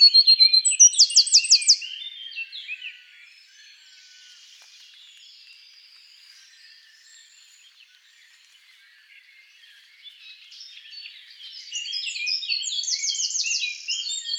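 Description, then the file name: Eurasian wren song opens with a sharp high rattle, falls to a faint twitter for several seconds, then swells into another loud rattling trill. "Troglodytes troglodytes"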